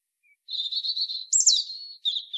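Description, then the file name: European robin song phrase: a high, thin warbling run of notes, then a brief sharp trill and a falling twitter, with a last short burst after a pause; background silent. "Erithacus rubecula"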